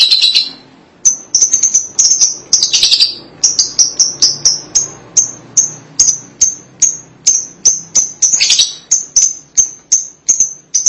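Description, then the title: Lovebird calls: a steady, rapid series of piercing high chirps, with a few short harsh bursts mixed in. "BM Suara Burung Lovebird"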